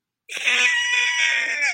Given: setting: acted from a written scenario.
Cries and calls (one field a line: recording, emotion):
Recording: vocal sound without words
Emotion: fear